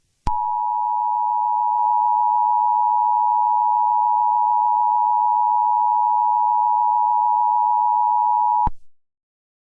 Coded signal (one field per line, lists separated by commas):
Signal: Emergency Alert System (SAME) tones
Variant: 853 and 960 Hz attention tone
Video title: [SUPER RARE!!!] CHILD ABDUCTION EMERGENCY FOR TEXAS!!! (EAS ALERT 111)